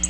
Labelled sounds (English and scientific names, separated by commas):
Black-throated Blue Warbler (Setophaga caerulescens) flight call